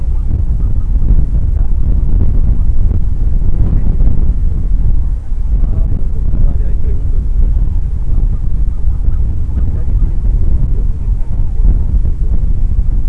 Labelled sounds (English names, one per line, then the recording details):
Gentoo Penguin
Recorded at the colony at Isla Martillo, on 8 December 2015
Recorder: Song Meter SM2+